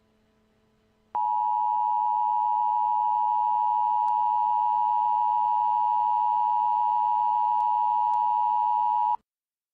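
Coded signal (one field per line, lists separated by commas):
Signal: Emergency Alert System (SAME) tones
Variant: 853 and 960 Hz attention tone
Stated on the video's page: Fictional nuclear missile EAS scenario set in Denver, Colorado.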